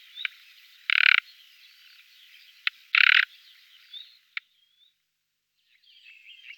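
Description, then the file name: Common Nightingale song with two loud harsh rattling bursts and a few sharp clicks, then a thin rising whistle and faint twittering at the end. "Slavik obecny Luscinia megarhynchos"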